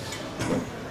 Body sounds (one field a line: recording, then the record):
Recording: coughing mixed with background sound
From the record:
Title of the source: Spring Cold Coughing.